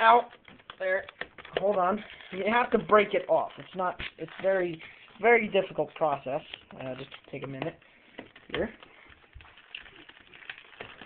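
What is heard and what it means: During maintenance of a PlayStation 2 game controller, a button part is worked back into the plastic housing while someone talks. Near the end, brief sharp handling sounds are heard around 9.8, 10.5, 10.6 and 10.8 seconds. Nothing has seated or clicked into place yet.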